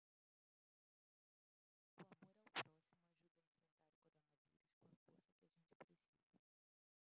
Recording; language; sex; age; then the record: spoken sentence; Brazilian Portuguese; female; 20 to 29 years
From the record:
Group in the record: control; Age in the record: 29 years